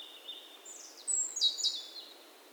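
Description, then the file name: Great tit giving a short run of high thin whistles and sharp chips, loudest in the middle, over a soft hiss. "Parus major"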